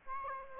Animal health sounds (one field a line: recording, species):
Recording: mosquito wingbeat signal from an infrared sensor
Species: Aedes aegypti